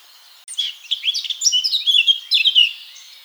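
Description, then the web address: Eurasian blackcap song, a lively stream of varied warbled notes with bright whistled phrases and no other sound. "SETE data Sylvia atricapilla"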